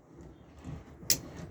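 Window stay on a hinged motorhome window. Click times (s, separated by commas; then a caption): 1.1 s. A hinged window on a 2022 Chausson Exclusive 660 Line motorhome is slowly lifted until its window stay clicks into the hold position, then lowered so the stay holds the window open. Quiet low rumbling and soft shifting lead up to a single sharp, bright click at 1.1 s, followed by faint low handling noise. The stay is seated and holding the window open.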